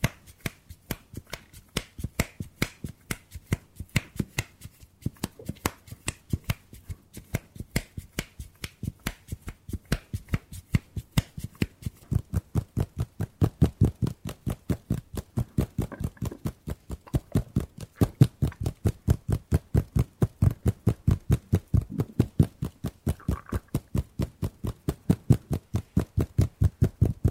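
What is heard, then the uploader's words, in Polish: ASMR hand sounds: a long run of sharp, crisp snaps and taps, each one quick and dry. They come in a steady rhythm that starts sparse and grows faster and denser after about twelve seconds, with a firmer low thump under many hits toward the end. ASMR DŹWIĘKI DŁONI 40 MINUT! 50+ DŹWIĘKÓW.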